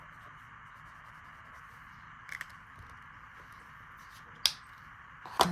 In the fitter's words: they do have a little click to let you know they're closed.